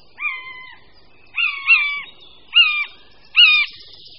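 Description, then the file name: Common buzzard calling with short, nasal mews, some doubled, each dipping slightly, about four calls within four seconds against a quiet background. "Káně-lesní"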